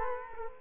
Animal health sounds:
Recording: mosquito wingbeat signal from an infrared sensor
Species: Culex quinquefasciatus

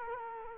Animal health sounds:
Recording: mosquito wingbeat signal from an infrared sensor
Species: Culex quinquefasciatus

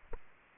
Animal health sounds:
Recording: mosquito wingbeat signal from an infrared sensor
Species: Aedes aegypti

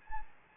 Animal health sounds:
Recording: mosquito wingbeat signal from an infrared sensor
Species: Anopheles gambiae

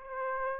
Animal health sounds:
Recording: mosquito wingbeat signal from an infrared sensor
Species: Aedes aegypti

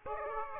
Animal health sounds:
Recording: mosquito wingbeat signal from an infrared sensor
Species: Aedes aegypti

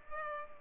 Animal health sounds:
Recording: mosquito wingbeat signal from an infrared sensor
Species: Culex pipiens

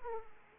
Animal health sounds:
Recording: mosquito wingbeat signal from an infrared sensor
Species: Aedes aegypti

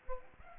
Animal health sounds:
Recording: mosquito wingbeat signal from an infrared sensor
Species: Culex pipiens

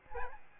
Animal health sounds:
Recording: mosquito wingbeat signal from an infrared sensor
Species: Aedes albopictus

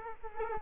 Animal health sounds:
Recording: mosquito wingbeat signal from an infrared sensor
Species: Culex quinquefasciatus

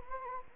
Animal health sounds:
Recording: mosquito wingbeat signal from an infrared sensor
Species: Anopheles gambiae

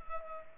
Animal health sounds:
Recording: mosquito wingbeat signal from an infrared sensor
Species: Culex pipiens

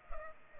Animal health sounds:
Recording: mosquito wingbeat signal from an infrared sensor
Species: Culex pipiens

